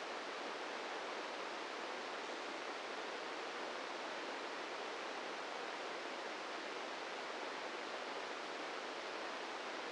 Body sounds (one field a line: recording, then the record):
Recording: brain microelectrode recording played as sound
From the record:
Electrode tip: inside the subthalamic nucleus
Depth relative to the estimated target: -3 mm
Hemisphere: left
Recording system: NeuroSet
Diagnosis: Parkinson's disease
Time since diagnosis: 8 years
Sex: male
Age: 46 years